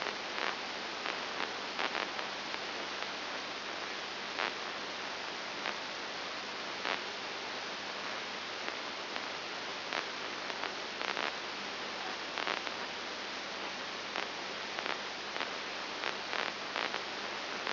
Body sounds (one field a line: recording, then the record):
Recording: brain microelectrode recording played as sound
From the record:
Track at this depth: inside the subthalamic nucleus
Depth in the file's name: 4.901 mm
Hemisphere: left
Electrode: 2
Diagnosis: Parkinson's disease